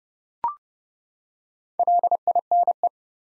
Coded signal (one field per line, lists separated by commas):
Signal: Morse code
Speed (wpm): 30 wpm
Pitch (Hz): 700 Hz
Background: none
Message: LINE